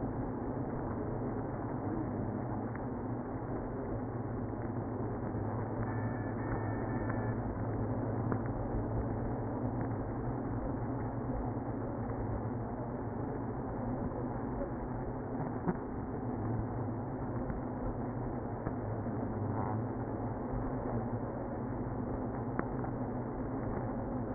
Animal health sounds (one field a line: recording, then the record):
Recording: honeybee colony, microphone inside the hive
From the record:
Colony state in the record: queenless (queen removed)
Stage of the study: after two queens were removed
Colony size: about 60,000 bees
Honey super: yes